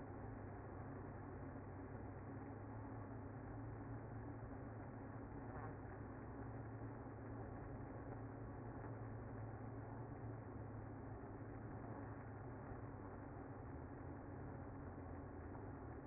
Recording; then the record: honeybee colony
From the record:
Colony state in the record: active